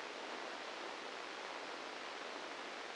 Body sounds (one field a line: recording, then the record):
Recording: brain microelectrode recording played as sound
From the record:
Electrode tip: inside the subthalamic nucleus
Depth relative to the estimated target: -1 mm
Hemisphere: left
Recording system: NeuroSet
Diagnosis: Parkinson's disease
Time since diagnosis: 9 years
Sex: female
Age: 51 years